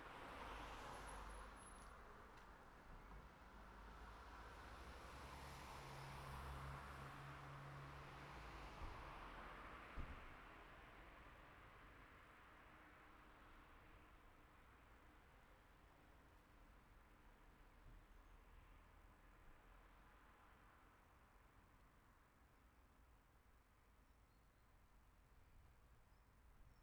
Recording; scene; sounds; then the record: everyday scene through a hearing-aid microphone; in traffic; traffic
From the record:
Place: city secondary road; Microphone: behind the ear, right, rear